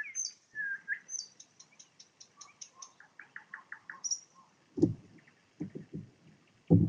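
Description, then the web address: Nightingale song: rich whistles followed by fast trilled runs of repeated notes, with several low thumping sounds toward the end. Recorded in Poland with a parabolic microphone. "nagranie na paraboloid spiew slowika"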